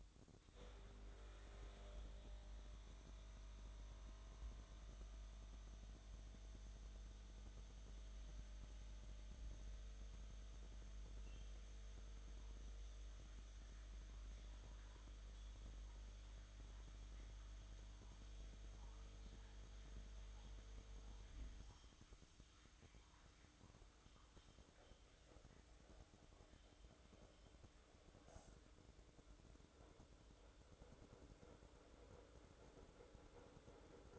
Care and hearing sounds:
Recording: daily activity, microphone in the room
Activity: make coffee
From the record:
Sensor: 3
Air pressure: 1007.3 hPa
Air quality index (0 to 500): 54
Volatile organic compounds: 1 ppm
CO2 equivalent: 592 ppm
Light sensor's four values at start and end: 7/16/6/6 and 8/17/7/7

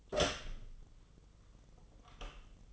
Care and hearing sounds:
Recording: daily activity, microphone in the room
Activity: open door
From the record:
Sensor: 4

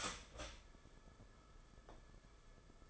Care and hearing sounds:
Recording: daily activity, microphone in the room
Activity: start toaster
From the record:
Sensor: 5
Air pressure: 994.6 hPa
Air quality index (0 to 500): 184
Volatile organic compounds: 1000 ppm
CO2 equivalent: 5394 ppm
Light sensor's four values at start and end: 42/130/51/55 and 38/120/46/50

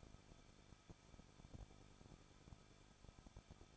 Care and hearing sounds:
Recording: daily activity, microphone in the room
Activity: no activity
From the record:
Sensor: 5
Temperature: 20.8 degrees Celsius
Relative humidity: 38.2%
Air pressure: 1006.5 hPa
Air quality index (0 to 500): 186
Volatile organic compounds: 18 ppm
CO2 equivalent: 2611 ppm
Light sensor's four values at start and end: 2/3/1/1 and 2/3/1/1

